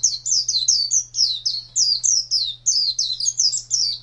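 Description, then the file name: White-eye: quick series of high, sweet slurred chirps over a faint low hum. Song style called ngalas panjang. "pleci ngalas panjang"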